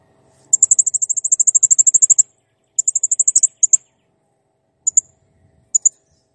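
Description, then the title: Blue-crowned hanging parrot song: long fast trill of very high ticking notes, then a shorter trill and a few isolated high chips. Cage-bird song used for training (masteran); described as clear and gacor (singing actively). "Masteran Burung Serindit Ll Masteran Serindit Gacor Jernih"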